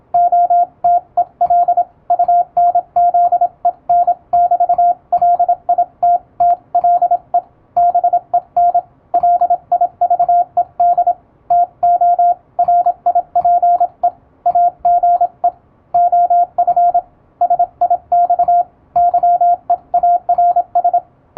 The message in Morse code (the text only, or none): OTEL UNZEN <BT> LITTLE BEN LIVED TO RIPE AGE OF SIX YEARS